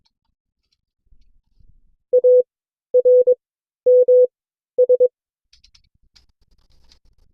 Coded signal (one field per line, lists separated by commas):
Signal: Morse code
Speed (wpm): 22 wpm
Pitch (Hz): 500 Hz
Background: none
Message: ARMS